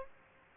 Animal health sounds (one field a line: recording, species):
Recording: mosquito wingbeat signal from an infrared sensor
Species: Aedes aegypti